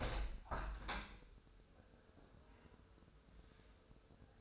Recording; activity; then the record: daily activity, microphone in the room; open window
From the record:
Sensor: 2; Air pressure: 1014.7 hPa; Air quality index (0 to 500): 27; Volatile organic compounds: 1 ppm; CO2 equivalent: 514 ppm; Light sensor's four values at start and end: 8/19/8/8 and 9/20/8/8